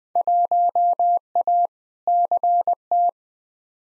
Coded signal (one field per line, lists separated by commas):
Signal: Morse code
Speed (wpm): 20 wpm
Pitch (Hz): 700 Hz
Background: none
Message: 1A CT